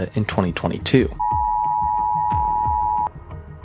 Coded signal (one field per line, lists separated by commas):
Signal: Emergency Alert System (SAME) tones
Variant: 853 and 960 Hz attention tone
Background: speech, music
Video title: The Rarest and Creepiest EAS Alerts (Featuring Real Events)